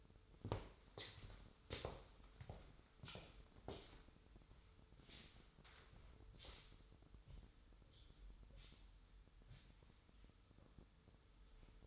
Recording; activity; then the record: daily activity, microphone in the room; walk to room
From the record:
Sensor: 3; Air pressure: 988.2 hPa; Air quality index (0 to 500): 178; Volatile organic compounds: 166 ppm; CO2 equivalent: 4090 ppm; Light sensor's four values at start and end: 24/74/31/27 and 24/75/31/27